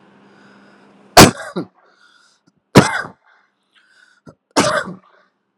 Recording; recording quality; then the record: heavy voluntary cough; excellent, no background noise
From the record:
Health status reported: healthy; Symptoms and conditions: hypertension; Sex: male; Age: 49 years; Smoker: yes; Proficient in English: yes